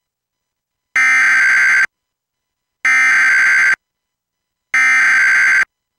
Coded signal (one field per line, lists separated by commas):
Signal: Emergency Alert System (SAME) tones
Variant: header bursts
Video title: EAS Activation - Child Abduction Emergency - 9 July 2020 - 1:10 PM